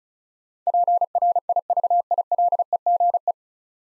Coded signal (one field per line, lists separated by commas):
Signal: Morse code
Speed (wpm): 36 wpm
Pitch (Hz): 700 Hz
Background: none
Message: PRIVILEGE